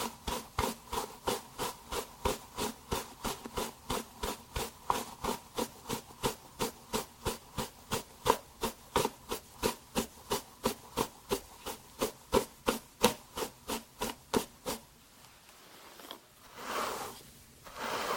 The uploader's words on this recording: Doing Your Night Skincare Fast & Aggressive (layered sound, tapping, hair brushing, no talking).